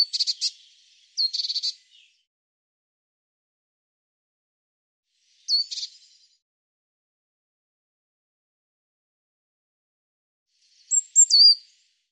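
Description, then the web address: Eurasian blue tit calls: a few scattered bursts of high thin notes with brief buzzy elements, separated by long silent gaps. "cianscape birddata Deverinetal 2025 File cleaned normalized Bird Cy Ca"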